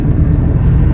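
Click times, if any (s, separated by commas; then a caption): none. A wiring harness connector is handled at a new camshaft position sensor on a 2008–2018 Toyota Corolla, heard as a steady low rumble with faint handling noise and no distinct transients. The connector has not seated or clicked into the sensor yet.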